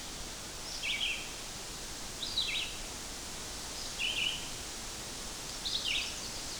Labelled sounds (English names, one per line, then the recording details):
Red-eyed Vireo song
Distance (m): 30 m
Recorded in boreal forest in Alberta, Canada, on 8 June 2016 at 05:30
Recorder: SongMeter 3, array SBT-3-9
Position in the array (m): 19 m, 103 m